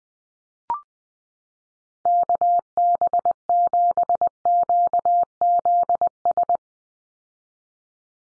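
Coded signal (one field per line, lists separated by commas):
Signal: Morse code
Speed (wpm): 20 wpm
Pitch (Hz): 700 Hz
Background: none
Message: KB7QZS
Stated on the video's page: Head-copy drill of USA call signs sent at 20 wpm, each sent in Morse, then spoken, then sent again.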